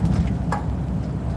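During reassembly of a mechanical watch movement, a small metal cannon pinion is pressed onto the center wheel, which has blue grease on its bottom. Over a steady low hum, one short, bright snap at 0.5 s marks the cannon pinion seating onto the center wheel.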